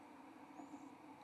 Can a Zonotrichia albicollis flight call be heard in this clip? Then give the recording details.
no. No flight call is heard. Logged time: 12:00 on 2 December 2014